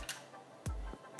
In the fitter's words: đến khi nghe thấy tiếng clip và